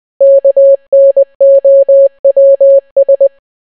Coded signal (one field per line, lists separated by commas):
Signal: Morse code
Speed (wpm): 20 wpm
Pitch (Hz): 550 Hz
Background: none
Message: KNOWS